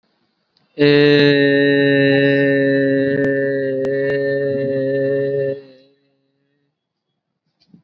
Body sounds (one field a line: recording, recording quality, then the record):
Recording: sustained vowel as in made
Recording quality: excellent, no background noise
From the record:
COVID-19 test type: RT-PCR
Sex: male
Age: 18 years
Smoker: no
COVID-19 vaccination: both doses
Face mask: worn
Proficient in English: yes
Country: India